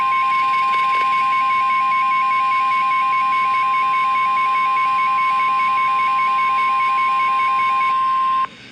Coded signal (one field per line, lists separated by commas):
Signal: Emergency Alert System (SAME) tones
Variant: 1050 Hz attention tone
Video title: Blizzard Warnings (EAS #1,162-1,163) 11/25/18